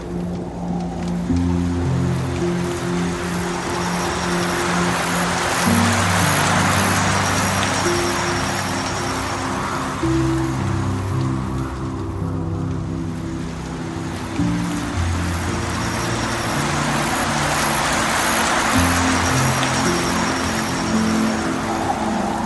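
Soft piano plays slow, low chords and sustained notes that change every second or two, sitting beneath a steady, dense hiss of rain. The rain swells gently and thins briefly around the middle before rising again, never stopping.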